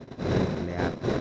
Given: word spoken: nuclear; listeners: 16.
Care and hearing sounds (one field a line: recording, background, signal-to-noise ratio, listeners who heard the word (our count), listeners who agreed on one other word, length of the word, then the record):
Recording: one Spanish word in noise, from a listening test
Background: noise modulated by three-talker babble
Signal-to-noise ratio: -5.9 dB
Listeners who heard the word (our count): 4 of 16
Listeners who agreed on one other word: 7 of 16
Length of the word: 0.81 s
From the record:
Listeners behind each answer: 7, 4, 3, 1, 1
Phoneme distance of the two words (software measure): 31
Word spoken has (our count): 3 syllables, 7 phonemes, stress on syllable 3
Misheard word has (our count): 2 syllables, 4 phonemes, stress on syllable 2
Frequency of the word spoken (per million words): 28.58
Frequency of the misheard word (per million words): 10.20